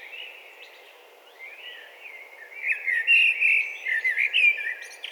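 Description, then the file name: Eurasian blackbird song starting soft and low, then swelling after about three seconds into loud, warbled phrases topped with thin high twitters. "Turdus merula"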